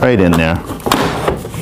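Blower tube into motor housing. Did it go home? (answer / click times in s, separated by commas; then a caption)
yes / 0.9 s, 1.3 s. A plastic blower tube is slid into the plastic motor housing of a leaf blower vacuum. Someone talks at the start, then the tube snaps into place with sharp clicks at 0.9 s and 1.3 s, leaving it seated.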